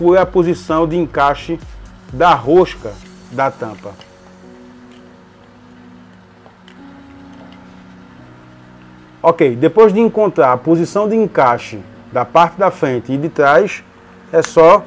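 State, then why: Not seated. Someone talks over background music while turning the cover of an aquarium circulation pump on the pump body to find where its thread engages, before locking it. Only light handling sounds are heard during a quieter stretch, with faint taps near 6.5 s and 6.7 s. Nothing has seated or clicked yet.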